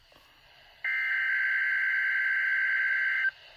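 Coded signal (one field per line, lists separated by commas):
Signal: Emergency Alert System (SAME) tones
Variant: header bursts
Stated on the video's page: NOAA Weather Radio Required Weekly Test from Baltimore transmitter, received on a Midland WR120EZ weather radio with the alert siren disabled.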